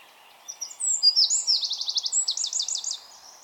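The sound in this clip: Eurasian wren giving a brief burst of high, piercing notes that run into a fast, rattling trill.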